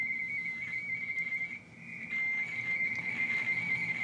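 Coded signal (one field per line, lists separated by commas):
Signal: RTTY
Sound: a steady high tone breaking into a fast warbling two-tone chatter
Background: low hum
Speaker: so I'm going to turn the tuning knob and you see a cave case 9ct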